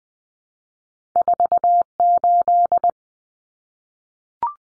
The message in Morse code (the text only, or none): 48